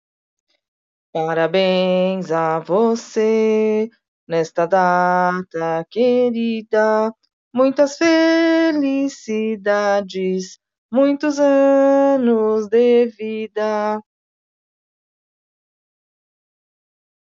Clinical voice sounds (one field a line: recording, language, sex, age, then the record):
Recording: short text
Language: Brazilian Portuguese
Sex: female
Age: 40 to 49 years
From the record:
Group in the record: control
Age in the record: 47 years